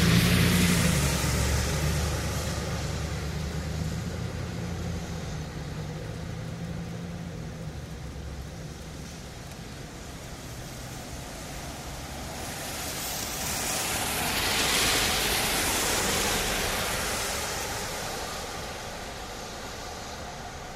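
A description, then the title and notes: Steady rain hiss fills the scene while cars pass, one swelling and fading early on and another rising to a louder, brighter whoosh around the fifteen-second mark. A low rumbling hum sits underneath throughout. Soothing Sounds of Cars Passing By in the Rain. As the cars pass by, their muffled sounds blend harmoniously with the rainfall.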